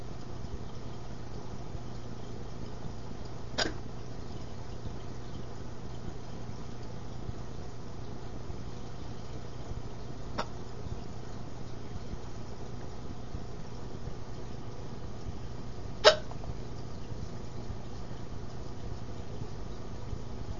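An adult hiccuping: three brief, sharp clicking gulps come about six to seven seconds apart, roughly ten a minute, over a steady low background hum. These are hiccups: sudden involuntary contractions of the diaphragm, each cut short as the vocal cords snap closed.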